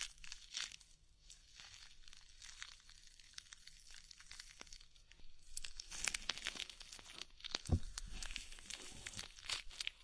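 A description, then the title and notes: Body oil being worked over skin makes soft, slick rubbing and crinkly, crackling friction sounds that come in quick irregular strokes. The motion grows busier after about six seconds, with a sharper thump near the eight-second mark over a faint low hum. Body oil massage and bubble bath.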